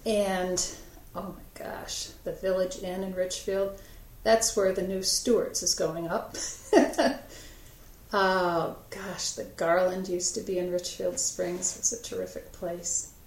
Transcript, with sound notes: And oh gosh, the Village Inn in Richfield. That's where the new Stewart's is going up. [Laughter.] The Garland used to be in Richfield Springs, it's a terrific place.